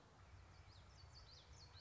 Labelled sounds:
Common Yellowthroat
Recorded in Sonoma County, California

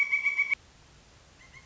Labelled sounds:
Pileated Woodpecker
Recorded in Sonoma County, California

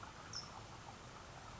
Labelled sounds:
California Towhee
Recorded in Sonoma County, California

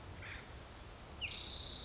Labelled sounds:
Acorn Woodpecker
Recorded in Sonoma County, California

